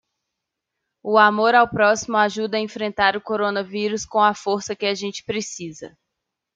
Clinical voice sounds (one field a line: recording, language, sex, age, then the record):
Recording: spoken sentence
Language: Brazilian Portuguese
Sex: female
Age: 30 to 39 years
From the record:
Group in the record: control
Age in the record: 33 years